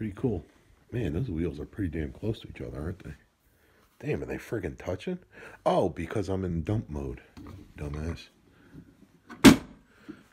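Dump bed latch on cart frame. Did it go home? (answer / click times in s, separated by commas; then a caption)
yes / 9.5 s. Someone talks while the poly dump bed of a Gorilla Carts GOR4PS poly dump cart is lowered out of dump mode. The bed's release latch on the cart frame snaps back into the locked position with a single loud thunk at 9.5 s, and it is seated.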